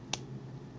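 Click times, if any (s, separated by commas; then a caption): 0.1 s. A plastic transforming robot toy's tail is brought all the way back and plugged into its body socket during the change to sword mode. It gives a sharp, bright snap at 0.1 s over a low steady hum. The tail seats in place.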